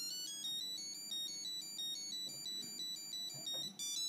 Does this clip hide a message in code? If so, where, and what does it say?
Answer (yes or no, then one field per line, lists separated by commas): no